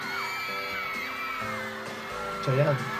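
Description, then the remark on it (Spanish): A crowd of girls screaming and whooping in the background of a band's appearance on the TV show Ritmo de la Noche, shrill overlapping voices blending into a steady, high-pitched roar that swells briefly louder toward the end. “Los gritos de las minas de fondo.”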